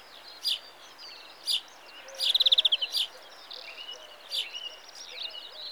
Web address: BBC Sound Effects Library. Greenfinch (Carduelis Chloris)